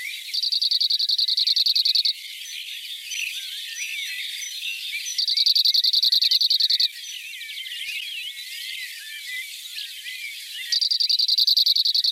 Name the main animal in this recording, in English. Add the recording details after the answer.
Cirl Bunting. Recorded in the wild. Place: Schönberg / Gemeide Ebringen / Hochschwarzwald, Baden-Württemberg, DE. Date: 1984-05-19. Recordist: Schwarz, Dieter